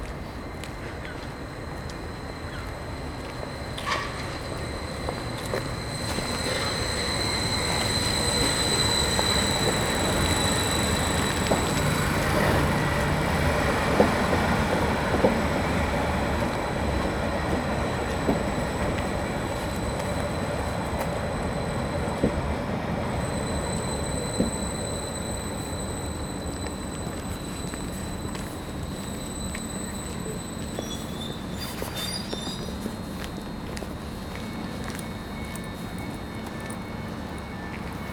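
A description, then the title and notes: A cold, damp train platform with a dense, steady murmur of commuters and footsteps, swelling a little toward the middle. Faint high tones hang over the scene, and sharp clicks and knocks break through around fifteen, twenty-four and thirty-two seconds. Captured in the early morning on a cold and damp train station platform. Commuters are gradually filling up the platform in preparation to board trains to their place of work.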